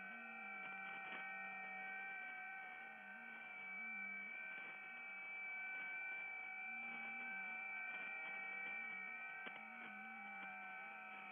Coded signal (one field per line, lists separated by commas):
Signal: FT8